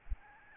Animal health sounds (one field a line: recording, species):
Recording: mosquito wingbeat signal from an infrared sensor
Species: Aedes albopictus